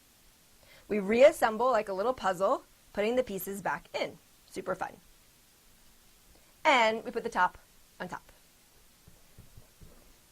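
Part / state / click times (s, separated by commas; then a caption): plastic top cover onto water filter cartridge housing / not seated / none. Someone talks while the filter parts of a Nikken PiMag Waterfall water filter unit are reassembled and the plastic top cover is brought onto the filter cartridge housing, with faint handling sounds in the pauses. The top has not seated or clicked yet by the end.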